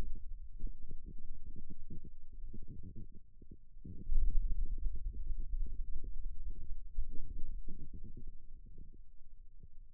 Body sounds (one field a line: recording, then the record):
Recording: forearm muscle sounds (acoustic myography)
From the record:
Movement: ulnar deviation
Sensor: system 2, bracelet of six BSWA MPA416 microphones around the upper forearm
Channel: 5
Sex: male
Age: 22 years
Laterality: right